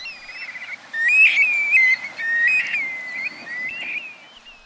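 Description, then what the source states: Black-bellied Plover calls: plaintive whistled notes, some slurred, given irregularly. Juvenile black-bellied plover on its first southbound migration in early September, travelling with other young birds in a small flock, without adults.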